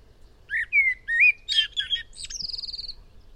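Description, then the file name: Eurasian blackbird delivering a fluty, warbled phrase that breaks into scratchy high notes and finishes with a fast, thin trill. "Turdus merula"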